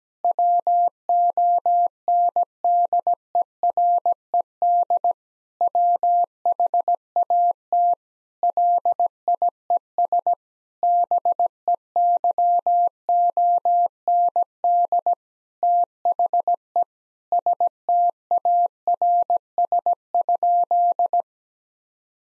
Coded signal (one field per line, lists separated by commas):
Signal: Morse code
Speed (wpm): 17 wpm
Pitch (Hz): 700 Hz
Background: none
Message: WONDERED WHAT LIES BEYOND THE STARS?